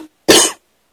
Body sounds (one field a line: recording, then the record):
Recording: coughing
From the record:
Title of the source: 55 gaggy wet cough